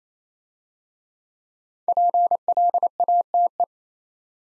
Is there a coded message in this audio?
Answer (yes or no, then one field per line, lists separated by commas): yes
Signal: Morse code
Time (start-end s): 1.9-3.6 s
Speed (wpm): 27 wpm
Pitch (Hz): 700 Hz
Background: none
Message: PLATE